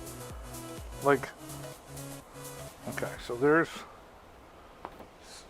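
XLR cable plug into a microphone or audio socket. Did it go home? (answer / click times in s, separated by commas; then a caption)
yes / 4.8 s. A 10-foot XLR cable plug is pushed into a microphone or audio socket while someone talks over background music. A short, sharp click at 4.9 s marks the connector seating and locking in place.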